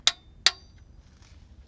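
A click-type torque wrench is pulled once more on the already-torqued oil drain plug in the engine oil pan of a 2015 Honda CR-V, as a re-check. Two sharp metallic clicks ring out at 0.1 s and 0.5 s, then low background noise. The wrench clicks again at the set torque, confirming the plug is properly torqued.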